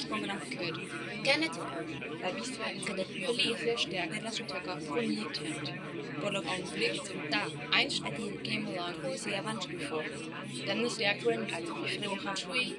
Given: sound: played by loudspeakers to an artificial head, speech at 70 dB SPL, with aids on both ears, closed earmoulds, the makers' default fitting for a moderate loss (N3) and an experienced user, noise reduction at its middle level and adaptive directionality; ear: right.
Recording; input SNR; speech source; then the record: speech test signal (ISTS) in cocktail-party noise; -6 dB; on the right (90 degrees)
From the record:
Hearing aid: class 2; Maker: C